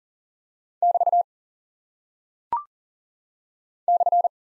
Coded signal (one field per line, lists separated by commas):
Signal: Morse code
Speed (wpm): 40 wpm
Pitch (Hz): 700 Hz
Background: none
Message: <BT> /